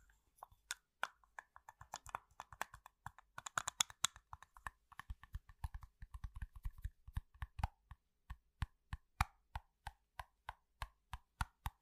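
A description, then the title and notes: Crisp tapping on household objects, each hit a sharp click with a small low thump beneath it. For the first seven seconds the taps come fast and bunched in uneven flurries, then settle into a steady, evenly spaced beat to the end. 13 different triggers with simple things but big sounds that I find around the house.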